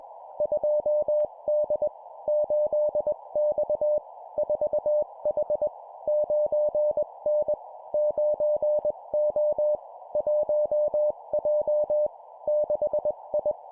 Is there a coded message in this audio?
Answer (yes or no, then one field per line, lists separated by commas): yes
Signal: Morse code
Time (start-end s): 0.4-13.5 s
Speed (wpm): 21 wpm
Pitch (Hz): 600 Hz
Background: none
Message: 2D 8X 4H 9N 9O 1J 6I